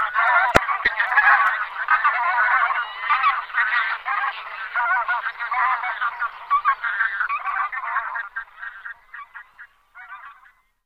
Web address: Uzbek hayvonlar. Anser fabalis